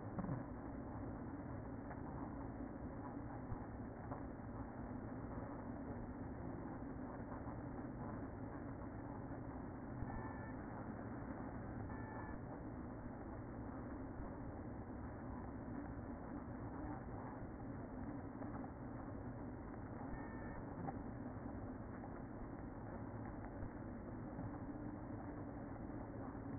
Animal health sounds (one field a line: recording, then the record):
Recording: honeybee colony, microphone inside the hive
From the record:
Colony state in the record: queen present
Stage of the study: after two queens were removed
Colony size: about 60,000 bees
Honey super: yes